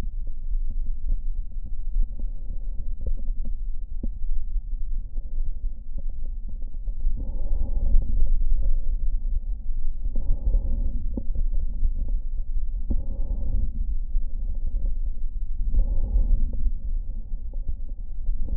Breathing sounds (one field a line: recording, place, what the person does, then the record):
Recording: lung sounds by stethoscope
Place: left anterior apical chest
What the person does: quiet breathing, then deep breathing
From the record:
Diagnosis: COPD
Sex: male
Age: 77 years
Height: 172 cm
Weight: 85.2 kg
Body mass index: 28.8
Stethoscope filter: diaphragm mode